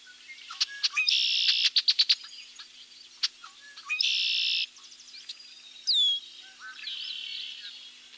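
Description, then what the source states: Red-winged Blackbird calls: short chuck notes, buzzy rattling trills and high slurred whistles, mixed in an irregular medley with brief pauses. A medley of vocalizations.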